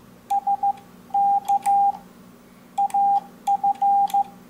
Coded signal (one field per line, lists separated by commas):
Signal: Morse code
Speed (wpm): 15 wpm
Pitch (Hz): 800 Hz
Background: none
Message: SK AF